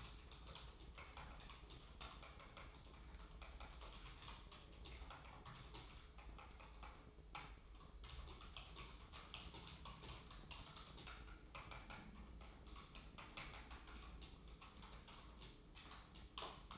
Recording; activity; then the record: daily activity, microphone in the room; typing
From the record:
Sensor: 1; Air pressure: 995.3 hPa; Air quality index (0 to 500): 28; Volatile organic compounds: 1 ppm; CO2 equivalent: 541 ppm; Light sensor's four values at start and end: 14/49/17/18 and 14/49/17/18